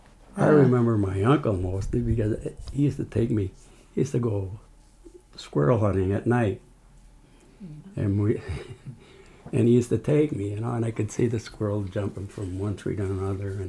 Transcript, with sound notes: I remember my uncle mostly, because he used to take me, he used to go squirrel hunting at night. (he laughs) And he used to take me and I could see the squirrels jumping from one tree to another.